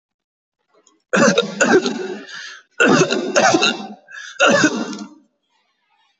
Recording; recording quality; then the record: heavy voluntary cough; excellent, no background noise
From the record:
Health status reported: healthy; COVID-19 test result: not tested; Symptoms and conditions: none ticked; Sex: male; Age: 57 years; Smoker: not ticked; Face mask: not worn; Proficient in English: yes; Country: India